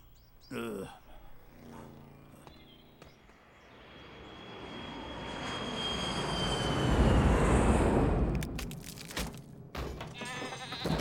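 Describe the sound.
An airplane engine roars, swelling steadily over several seconds with a thin high whine on top, then cutting off abruptly. Voices and bleat-like calls are heard briefly before and after.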